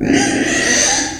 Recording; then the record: squeal of a Yucatan mini pig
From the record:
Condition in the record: before surgery on the right vocal fold (resection and tissue-engineered implant); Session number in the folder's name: 3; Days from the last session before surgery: 0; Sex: female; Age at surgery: 19 weeks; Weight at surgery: 25 kg